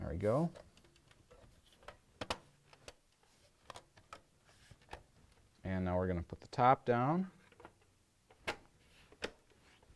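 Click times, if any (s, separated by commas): 9.2 s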